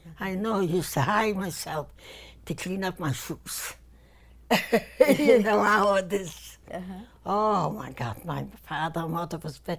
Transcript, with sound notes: I know I used to hide myself to clean up my shoes. ( she laughs ) You know how it is. Oh, my God, my father and mother was very.